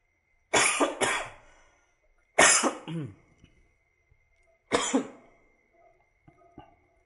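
Three separate bursts of coughing during a story narration recorded live and left unedited, each a harsh, raspy fit of two or three quick hacks, with short pauses between and a faint steady hum underneath.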